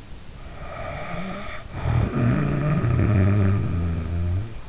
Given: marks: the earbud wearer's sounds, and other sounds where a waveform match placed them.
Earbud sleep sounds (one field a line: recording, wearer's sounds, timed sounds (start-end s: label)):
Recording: sounds in sleep by an in-ear microphone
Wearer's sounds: snoring breath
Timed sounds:
0.30-4.69 s: snoring breath